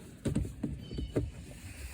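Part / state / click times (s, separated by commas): glove box damper arm into its socket on the glove box / not seated / none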